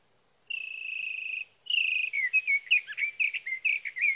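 Sage thrasher song opening with a steady, sustained whistled tone held about a second, then a quick run of jumbled warbling notes.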